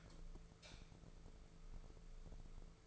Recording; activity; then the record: daily activity, microphone in the room; light off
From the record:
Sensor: 5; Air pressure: 1014.8 hPa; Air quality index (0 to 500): 172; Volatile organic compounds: 6 ppm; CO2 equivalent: 1897 ppm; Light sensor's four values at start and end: 105/250/107/118 and 103/245/105/116